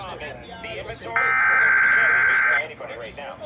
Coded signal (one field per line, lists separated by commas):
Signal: Emergency Alert System (SAME) tones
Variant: header bursts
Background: speech